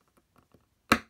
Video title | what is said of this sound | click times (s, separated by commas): Transformers Bumblebee Cyberverse Adventures Deluxe Class Arcee Review | There we go. Wow, you can hear that click. | 0.9 s